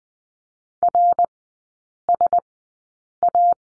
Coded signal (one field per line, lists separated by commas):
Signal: Morse code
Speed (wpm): 20 wpm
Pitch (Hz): 700 Hz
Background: none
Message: RSA